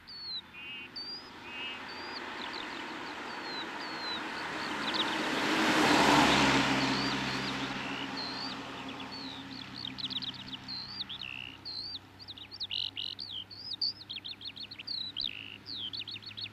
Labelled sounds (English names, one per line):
Eurasian Skylark song